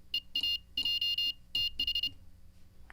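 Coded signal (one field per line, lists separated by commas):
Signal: Morse code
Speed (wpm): 26 wpm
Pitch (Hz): 2850 Hz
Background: none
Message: EAJTH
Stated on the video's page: Morse code learned live.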